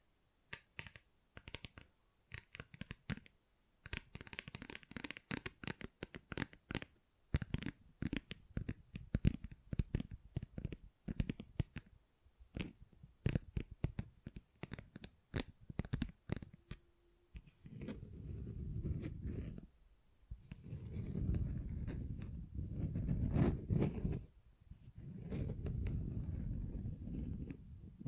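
Quick, crisp tapping and scratching textures fill the first seventeen seconds, then give way to low, rumbling rubbing in long swells.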